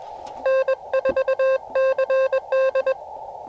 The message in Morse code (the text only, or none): N4CD